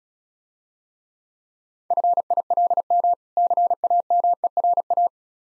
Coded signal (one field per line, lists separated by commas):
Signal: Morse code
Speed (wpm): 36 wpm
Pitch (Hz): 700 Hz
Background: none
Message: FILM CAMERA